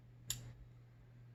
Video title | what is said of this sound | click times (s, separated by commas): Handcuffs. The #1 tool I used at my time with TDCJ. | That's the double lock releasing. | 0.3 s